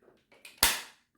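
A nozzle attachment is pushed onto an AONUS A9MAX cordless stick vacuum, where it clips in by itself. Faint handling sounds at about 0.3 s and 0.5 s are followed by a loud, sharp snap at 0.6 s that rings down over the next half second. The nozzle is seated.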